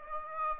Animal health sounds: mosquito wingbeat signal from an infrared sensor; Aedes aegypti

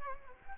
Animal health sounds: mosquito wingbeat signal from an infrared sensor; Culex quinquefasciatus

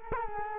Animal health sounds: mosquito wingbeat signal from an infrared sensor; Culex quinquefasciatus

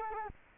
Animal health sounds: mosquito wingbeat signal from an infrared sensor; Culex quinquefasciatus

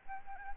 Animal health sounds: mosquito wingbeat signal from an infrared sensor; Aedes albopictus

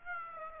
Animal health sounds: mosquito wingbeat signal from an infrared sensor; Aedes aegypti

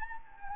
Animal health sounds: mosquito wingbeat signal from an infrared sensor; Anopheles gambiae

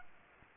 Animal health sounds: mosquito wingbeat signal from an infrared sensor; Aedes aegypti

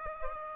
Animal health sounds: mosquito wingbeat signal from an infrared sensor; Aedes aegypti

